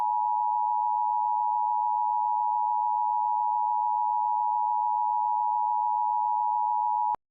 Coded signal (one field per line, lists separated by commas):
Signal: Emergency Alert System (SAME) tones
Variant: 853 and 960 Hz attention tone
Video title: 2: i cought these glitches and incorrect eas displaying last nite